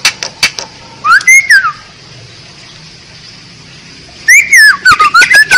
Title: Masteran Jalak Bali Yang BERSUARA UNIK Untuk Gacoran Juara